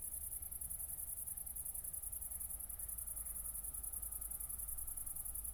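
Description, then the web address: Cricket trilling, a high, steady stream of rapid pulses without breaks, over a low constant rumble. Recorded at night, around 00:53, on 4 August 2014 at Nordring, Kirchmöser, Brandenburg, Germany. "aporee City Country Me Brandenburg Kirchmoeser Nordring Grillen 201408040053 OLBIN"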